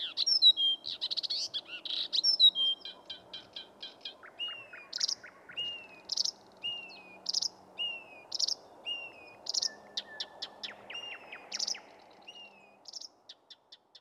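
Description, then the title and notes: Blyth's reed warbler song opening with fast chatter, then a whistled note repeated several times, alternating with buzzy bursts. Heard on night outings near lush meadows and shrubland almost anywhere in southern Finland; about 50,000 breeding pairs, having spread rapidly to the west coast. "Viitakerttunen. Pertti Koskimies. Marko Melto"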